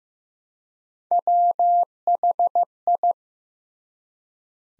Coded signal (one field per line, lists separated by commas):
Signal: Morse code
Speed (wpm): 15 wpm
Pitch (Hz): 700 Hz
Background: none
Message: WHI